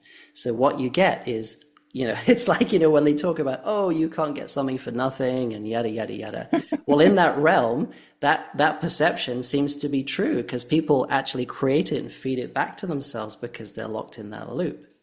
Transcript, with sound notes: So what you get is, you know, it's like, you know, when they talk about, "Oh, you can't get something for nothing and yada, yada, yada."
(laughs) .
Well, in that realm, that- that perception seems to be true, 'cause people actually create it and feed it back to themselves, because they're locked in that loop.